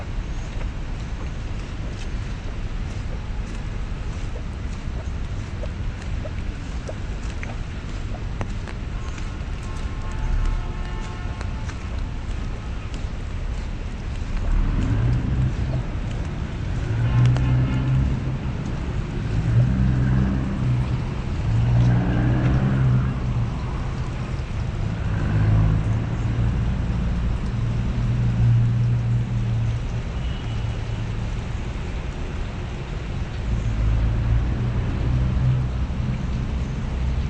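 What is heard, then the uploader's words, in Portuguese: Rain falls steadily during a walk through a city park, a dense, even hiss throughout. A deep engine rumble from traffic grows louder after about fifteen seconds and keeps pulsing, with faint thin tones drifting in around ten seconds. Caminhando na chuva no Central Park em Manhattan Nova York. NYC Nature Rain Sounds ASMR.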